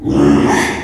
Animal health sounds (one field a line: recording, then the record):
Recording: squeal of a Yucatan mini pig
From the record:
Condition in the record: after surgery on the right vocal fold (resection and tissue-engineered implant)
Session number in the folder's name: 3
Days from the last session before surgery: 33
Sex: male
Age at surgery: 12 weeks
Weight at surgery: 13 kg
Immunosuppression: cyclosporine, prednisolone